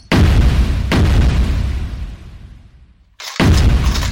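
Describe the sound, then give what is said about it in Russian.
Four grenades thrown into the second floor of a building explode inside in a series of heavy, booming blasts, each followed by a long rumbling decay, with no voices. “Потом гранаты во 2-й этаж. Все 4 влетели внутрь, и там рванули.”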